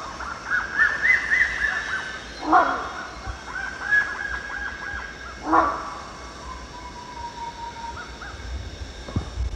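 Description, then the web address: Rhinoceros hornbill honks harshly twice, a few seconds apart, while other birds whistle bright rising notes and a long even tone. At Danum, 1 January 2008. "DANUM 20080101. rhinoceros hornbill"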